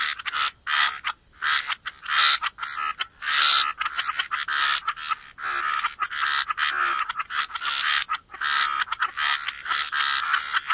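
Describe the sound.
Frog chorus of rough, rattling croaks arriving in rapid bursts separated by brief gaps, with a thin high-pitched tone running steadily underneath.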